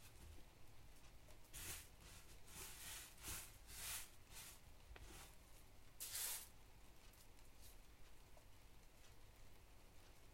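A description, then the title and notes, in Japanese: Gentle, steady drizzle hisses throughout, with a low rumble underneath. Between about 1.5 and 6.5 seconds, a string of bright, sifting rushes rises over the rain, like wheat being poured and sorted, the loudest near six seconds; afterward only the soft rain remains. カエル鳴くしとしと雨の日に小麦選別。しとしと雨の日の午前中。カエルの鳴き声が多め。小麦にまざる草の種や茎を取り除いています。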